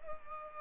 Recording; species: mosquito wingbeat signal from an infrared sensor; Culex pipiens